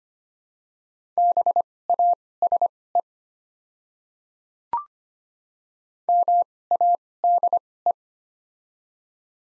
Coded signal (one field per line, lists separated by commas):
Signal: Morse code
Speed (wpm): 25 wpm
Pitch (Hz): 700 Hz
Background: none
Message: BASE MADE